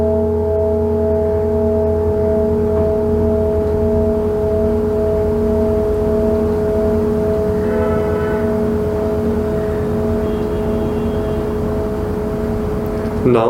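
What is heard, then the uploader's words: Singing bowls hum in a long, steady drone, several clear tones layered and ringing without pause, with a deep low murmur beneath. Around eight seconds a faint bright shimmer rises briefly above the tones, and a short clatter sounds at the very end. Singing Bowls.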